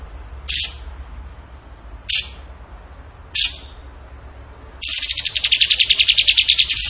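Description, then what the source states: Bird song: three short sharp high bursts about one and a half seconds apart, then a long fast buzzy trill that runs to the end. Song in the tembakan gacor style, used for training cage birds.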